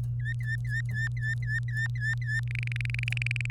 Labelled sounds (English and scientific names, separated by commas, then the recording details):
Domestic Canary (Serinus canaria) song
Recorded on 24 April 2018 at 07:10
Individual llb3